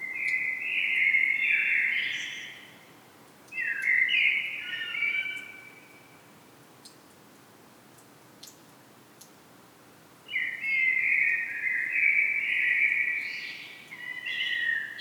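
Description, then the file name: Common blackbird singing several mellow, whistled phrases, with a silent gap of about four seconds before the last. "Turdus merula"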